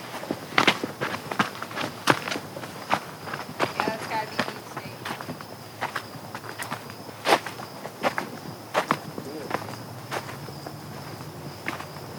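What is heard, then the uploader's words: Footsteps crunch steadily along a wooded trail, sharp bright scuffs landing about twice a second with a few heavier ones. A thin, constant insect buzz hangs high in the background, and a low hum rises faintly near the end. Bustling Walk Through a Wood in the City (Richmond Park Trail, Grand Rapids).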